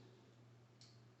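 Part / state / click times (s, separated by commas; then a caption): inhaler twist grip loading a dose into the inhaler body / seated / 0.8 s. An inhaler's twist grip is turned again to load a second dose into the inhaler body, producing a faint plastic click at 0.8 s. The dose is seated, and someone talks around it.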